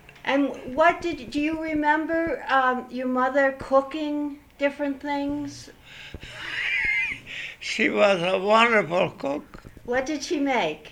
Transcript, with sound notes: And what, do you remember your mother cooking different things?
(he laughs) She was a wonderful cook.
What did she make?